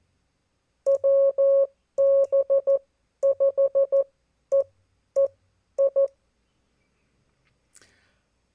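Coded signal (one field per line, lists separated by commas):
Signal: Morse code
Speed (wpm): 14 wpm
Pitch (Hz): 550 Hz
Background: none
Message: WB5EEI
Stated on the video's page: Abbreviated park activation from US-3548 Rio de Los Angeles State Park; batteries weren't charged.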